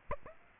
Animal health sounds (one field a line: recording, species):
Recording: mosquito wingbeat signal from an infrared sensor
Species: Aedes aegypti